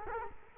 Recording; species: mosquito wingbeat signal from an infrared sensor; Culex quinquefasciatus